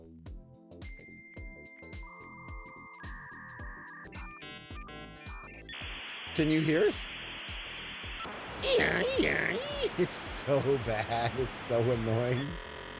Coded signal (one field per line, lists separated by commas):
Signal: dial-up modem handshake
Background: speech